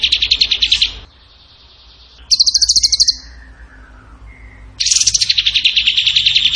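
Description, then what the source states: Bird song: loud, rapid trills in bursts of about a second, separated by softer sustained whistles and a faint falling note, the final trill running longer. Masteran training recording, tembakan gacor song style.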